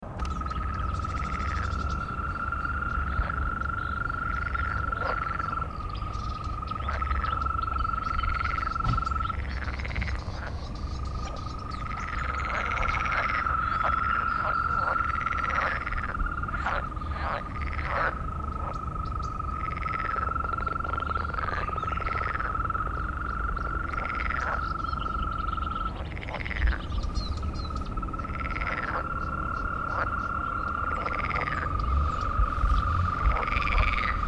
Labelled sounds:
Green Toad call

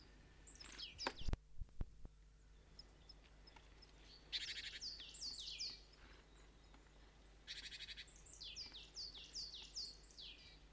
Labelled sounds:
Great Tit call

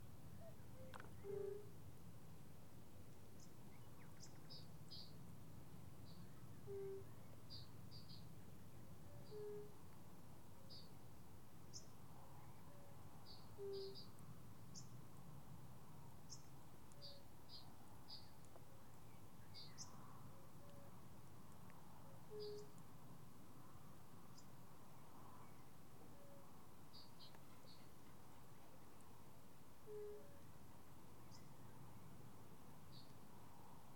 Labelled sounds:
Fire-Bellied Toad call

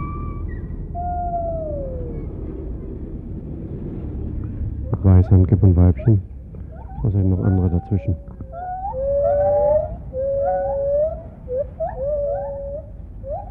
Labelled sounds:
Lar Gibbon

